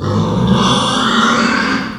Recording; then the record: squeal of a Yucatan mini pig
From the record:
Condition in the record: after surgery on the right vocal fold (resection and tissue-engineered implant); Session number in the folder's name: 16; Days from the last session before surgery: 183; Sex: female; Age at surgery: 19 weeks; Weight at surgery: 25 kg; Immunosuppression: prednisolone